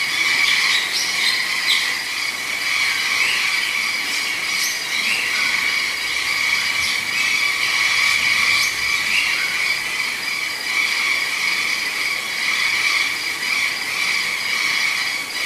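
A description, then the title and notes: A dense rainforest chorus of frogs and insects fills the air, steady and unbroken throughout. Bright, shrill calls layer over one another, with a persistent high whine and scattered chirps and trills popping out every second or so. Little sits underneath in the lows. Total Rainforest Immersion. Costa Rica.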